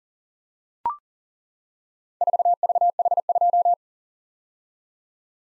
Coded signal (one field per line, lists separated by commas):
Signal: Morse code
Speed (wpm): 40 wpm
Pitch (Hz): 700 Hz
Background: none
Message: 4VH2